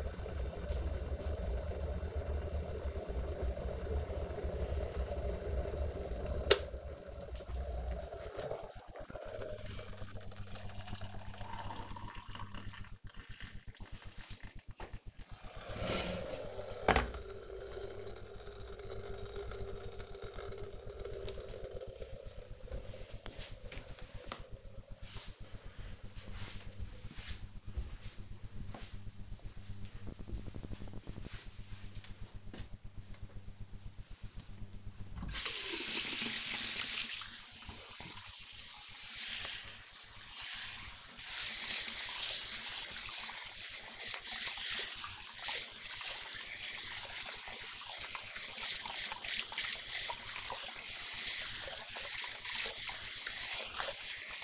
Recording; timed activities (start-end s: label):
household activities, microphone on the right wrist
0.00-20.32 s: making tea
32.40-54.44 s: washing hands